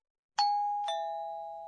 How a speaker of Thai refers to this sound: นั่นเป็นเสียงกลิ่งหรือออดเข้าบ้านนะคะ ครับในภาษาญี่ปุ่นมีคำอธิบายเสียงนี ้ปิงปอง